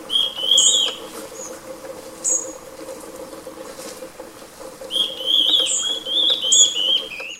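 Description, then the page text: Stripe-backed antbird calling, bright high whistled notes in short bursts at the start and a longer run of them near the end, over a steady low hum. Adult male, recorded 13 August 2025 in Chaco, Argentina. "Batará Estriado (Myrmorchilus strigilatus). Dolores Fernandez"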